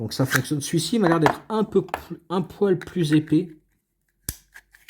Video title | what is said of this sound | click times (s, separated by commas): 3 Victorinox que je garderais pour chaque taille! Alox, Cadet , Pioneer et Farmer X! | Et vous entendez, ça clip bien. | 4.9 s